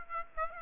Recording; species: mosquito wingbeat signal from an infrared sensor; Aedes aegypti